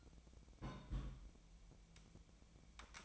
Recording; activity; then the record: daily activity, microphone in the room; place on stove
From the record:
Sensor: 1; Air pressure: 1000.0 hPa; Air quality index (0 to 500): 135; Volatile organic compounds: 2 ppm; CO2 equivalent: 1281 ppm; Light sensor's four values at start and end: 41/104/44/54 and 41/104/44/54